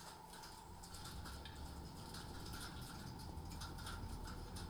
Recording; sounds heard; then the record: poultry house recording; no chicken sound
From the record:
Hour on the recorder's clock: 18